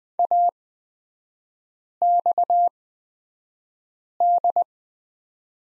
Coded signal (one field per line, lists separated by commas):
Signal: Morse code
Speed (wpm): 20 wpm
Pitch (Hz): 700 Hz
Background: none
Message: AXD